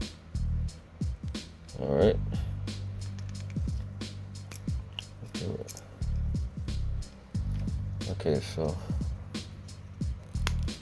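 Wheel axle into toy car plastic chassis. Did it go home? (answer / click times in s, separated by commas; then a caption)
yes / 10.5 s. A replacement wheel and axle set is pressed into the plastic base of a die-cast Honda CRX toy car while someone talks over background music and scattered handling taps. The axle snaps into the plastic chassis with a sharp click at 10.5 s and seats in place without the plastic piece being cut off.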